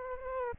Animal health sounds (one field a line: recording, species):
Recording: mosquito wingbeat signal from an infrared sensor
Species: Aedes aegypti